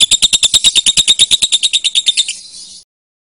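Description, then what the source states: Lovebird chatter of quick, shrill chirps for about one and a half seconds, trailing off into a softer, buzzy high tail. Lovebird referred to as Putri Mentaya.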